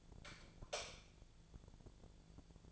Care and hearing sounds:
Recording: daily activity, microphone in the room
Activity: light off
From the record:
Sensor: 5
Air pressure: 1000.2 hPa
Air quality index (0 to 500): 99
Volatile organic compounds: 1 ppm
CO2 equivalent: 800 ppm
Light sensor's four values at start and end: 215/514/219/241 and 215/512/219/240

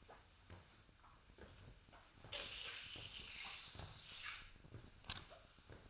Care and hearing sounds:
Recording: daily activity, microphone in the room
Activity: sweep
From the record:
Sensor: 2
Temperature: 24.0 degrees Celsius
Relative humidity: 35.5%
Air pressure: 1004.6 hPa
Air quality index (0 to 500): 91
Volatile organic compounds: 2 ppm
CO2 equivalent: 1097 ppm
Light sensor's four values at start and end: 6/15/6/6 and 5/11/4/5

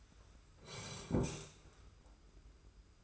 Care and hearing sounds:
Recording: daily activity, microphone in the room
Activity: sit down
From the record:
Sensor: 2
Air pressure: 991.5 hPa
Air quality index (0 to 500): 169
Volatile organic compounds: 1000 ppm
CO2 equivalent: 5456 ppm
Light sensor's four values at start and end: 26/81/32/30 and 27/85/33/31

